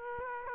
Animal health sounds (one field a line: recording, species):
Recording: mosquito wingbeat signal from an infrared sensor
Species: Aedes aegypti